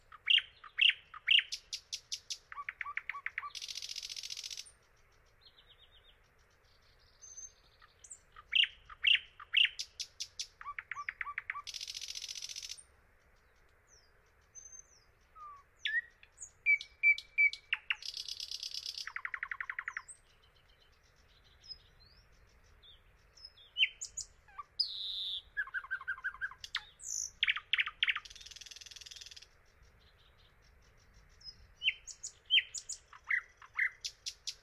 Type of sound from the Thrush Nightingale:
song